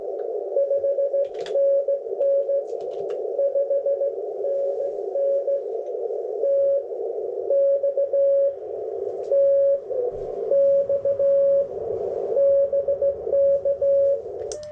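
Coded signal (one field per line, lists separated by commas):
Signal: Morse code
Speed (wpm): 16 wpm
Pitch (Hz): 560 Hz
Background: radio noise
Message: 5NN 5NN TX TX BK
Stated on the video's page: Morse from a Parks On The Air activation in a national forest, logged with a keyboard connected to a phone.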